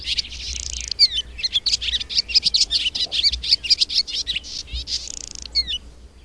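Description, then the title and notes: Barn Swallow song: buzzy opening, then an unbroken string of quick, varied chirps and slurred notes, ending in a short dry rattle and a few soft notes. Small, fast-flying bird that lives near people. "Füsti fecske (Hirundo rustica). Az apró testű, villámgyors röptű madár az ember közelében él, Halmos Gergővel, a Magyar Madártani és Természetvédelmi Egyesület Igazgatójával beszélgetünk róla"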